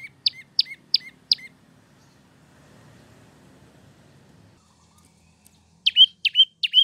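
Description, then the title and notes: Prinia delivering four sharp slurred chips, a quiet pause with soft low rumbling, then another burst of loud chirps. Long-duration recording made as a training (masteran) track. "Masteran Terapi Prenjak Durasi Panjang. Burung Prenjak"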